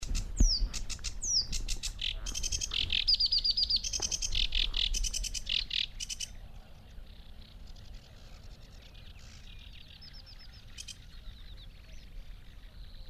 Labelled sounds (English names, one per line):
Sedge Warbler song